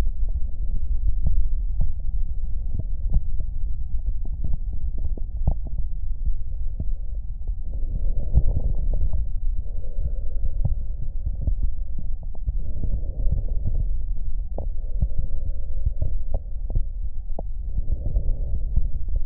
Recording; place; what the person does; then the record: lung sounds by stethoscope; left anterior apical chest; quiet breathing, then deep breathing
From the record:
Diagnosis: COPD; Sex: male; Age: 64 years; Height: 166 cm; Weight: 92.7 kg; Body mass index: 33.6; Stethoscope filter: extended mode